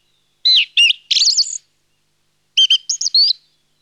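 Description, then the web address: Song thrush song: two short, bright phrases of whistled notes and quick chirps, separated by about a second of silence. "Laulurastas. nauhalaisen aanimaailmat"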